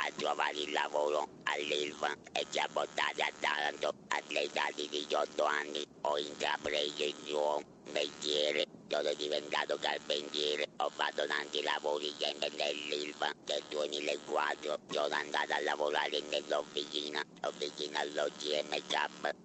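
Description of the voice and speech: A 35-year-old man speaking Italian through an electrolarynx, with a steady mechanical buzz in place of a natural voice. He lost his voice after an oesophageal tumour that spread to the larynx.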